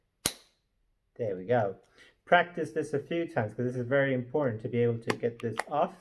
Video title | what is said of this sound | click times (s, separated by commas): Moon And Back - Experiment 02 - Alka-Seltzer Rocket | on the canister and push down with your thumbs till you hear that click there | 0.3 s